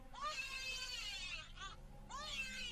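A young child cries shrilly in three high, wavering wails: a long one, a brief break, then another rising sob, steady and fairly loud over a low background hum.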